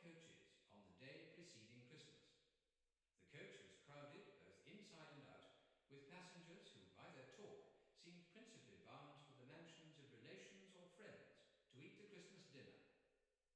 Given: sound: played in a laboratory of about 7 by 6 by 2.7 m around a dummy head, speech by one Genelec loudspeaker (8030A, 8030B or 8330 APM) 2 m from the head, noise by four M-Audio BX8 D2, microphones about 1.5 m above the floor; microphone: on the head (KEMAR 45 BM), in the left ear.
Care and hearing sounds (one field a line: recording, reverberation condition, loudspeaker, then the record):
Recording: male speech in English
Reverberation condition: high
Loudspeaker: 30 degrees to the right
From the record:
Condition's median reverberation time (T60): about 1300 ms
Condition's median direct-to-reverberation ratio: about -4.0 dB